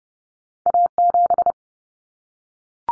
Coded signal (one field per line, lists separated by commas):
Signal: Morse code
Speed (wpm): 30 wpm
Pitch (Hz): 700 Hz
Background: none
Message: A7